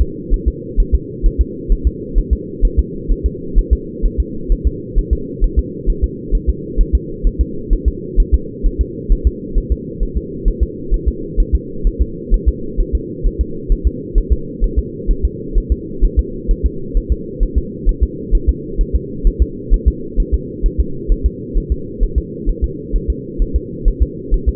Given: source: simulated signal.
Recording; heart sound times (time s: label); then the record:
fetal heart sounds
0.01 s: S2
0.34 s: S1
0.48 s: S2
0.80 s: S1
0.95 s: S2
1.26 s: S1
1.41 s: S2
1.72 s: S1
1.87 s: S2
2.19 s: S1
2.33 s: S2
2.65 s: S1
2.79 s: S2
3.12 s: S1
3.26 s: S2
3.59 s: S1
3.73 s: S2
4.06 s: S1
4.20 s: S2
4.52 s: S1
4.67 s: S2
4.99 s: S1
5.13 s: S2
5.44 s: S1
5.59 s: S2
5.90 s: S1
6.04 s: S2
6.35 s: S1
6.49 s: S2
6.81 s: S1
6.95 s: S2
7.27 s: S1
7.41 s: S2
7.73 s: S1
7.88 s: S2
8.20 s: S1
8.34 s: S2
8.66 s: S1
8.81 s: S2
9.12 s: S1
9.27 s: S2
9.58 s: S1
9.72 s: S2
10.03 s: S1
10.17 s: S2
10.48 s: S1
10.63 s: S2
10.94 s: S1
11.08 s: S2
11.40 s: S1
11.55 s: S2
11.87 s: S1
12.02 s: S2
12.34 s: S1
12.48 s: S2
12.81 s: S1
12.95 s: S2
13.27 s: S1
13.41 s: S2
13.72 s: S1
13.87 s: S2
14.18 s: S1
14.33 s: S2
14.64 s: S1
14.79 s: S2
15.11 s: S1
15.25 s: S2
15.58 s: S1
15.72 s: S2
16.05 s: S1
16.19 s: S2
16.51 s: S1
16.66 s: S2
16.97 s: S1
17.12 s: S2
17.43 s: S1
17.58 s: S2
17.89 s: S1
18.03 s: S2
18.35 s: S1
18.49 s: S2
18.81 s: S1
18.95 s: S2
19.27 s: S1
19.42 s: S2
19.74 s: S1
19.88 s: S2
20.20 s: S1
20.34 s: S2
20.66 s: S1
20.80 s: S2
21.12 s: S1
21.26 s: S2
21.58 s: S1
21.72 s: S2
22.03 s: S1
22.18 s: S2
22.50 s: S1
22.64 s: S2
22.96 s: S1
23.10 s: S2
23.42 s: S1
23.56 s: S2
23.88 s: S1
24.03 s: S2
24.34 s: S1
24.49 s: S2
From the record:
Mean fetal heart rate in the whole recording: 130 bpm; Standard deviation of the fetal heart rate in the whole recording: 2 bpm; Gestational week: 38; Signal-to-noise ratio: -4.3 dB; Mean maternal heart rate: 72 bpm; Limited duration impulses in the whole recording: absent